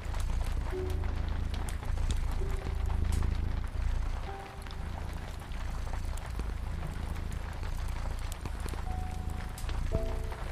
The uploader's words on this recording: A rainy day in cozy bedroom with crackling fireplace and cat purring sounds. Rain pattering on the window. You also hear the sound of crackling fireplace and cat purring softly with soothing piano in the background.